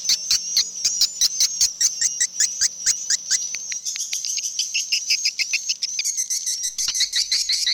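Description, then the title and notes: Swiftlets clicking in a regular rapid series of sharp pulses, with high thin chirps and twittering layered over them. Swiftlet sound used in swiftlet bird farming in Asia. "Swiflet Bird Sound. Farming Swiflet Bird asia sound"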